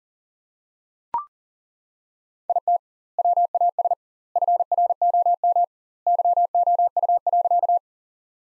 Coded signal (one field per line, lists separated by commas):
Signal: Morse code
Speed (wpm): 40 wpm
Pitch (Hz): 700 Hz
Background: none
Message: IT WAS FROM YOU.